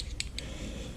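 A worm-drive hose clamp holding the fuel pump on its hose in a Tanks Inc EFI fuel tank assembly for an LS-swap Nova is tightened, giving two short, sharp clicks at 0.2 and 0.4 seconds over a low background hum, likely the clamp band or screw skipping. The clamp is stripped out and will not go any tighter, so the pump still moves up and down on the hose.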